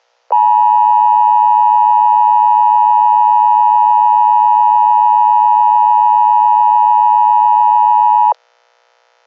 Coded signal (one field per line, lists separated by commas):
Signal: Emergency Alert System (SAME) tones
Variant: 853 and 960 Hz attention tone